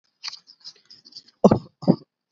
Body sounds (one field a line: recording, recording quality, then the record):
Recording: shallow voluntary cough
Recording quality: excellent, no background noise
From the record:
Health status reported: recovered from COVID-19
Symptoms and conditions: none ticked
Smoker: not ticked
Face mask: not worn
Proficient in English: no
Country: India